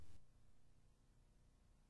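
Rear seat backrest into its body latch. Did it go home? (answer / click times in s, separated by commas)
no / none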